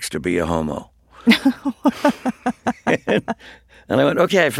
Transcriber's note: laughter